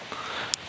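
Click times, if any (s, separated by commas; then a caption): 0.5 s. A loaded airsoft pistol magazine is pushed into its pouch or holder. A single sharp click comes at 0.5 s over a low, steady background. The magazine is seated and locked into place.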